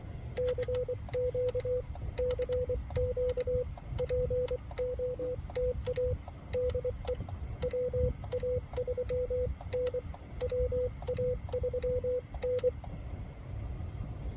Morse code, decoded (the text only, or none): CQ CQ POTA DE WA3N WA3N